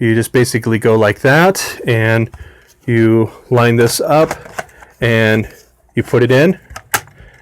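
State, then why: Seated. Someone talks while lining up a plastic flight battery and pushing it into the battery bay of a DJI Phantom quadcopter. A strong, sharp snap at 7.0 s marks the battery seating in the bay.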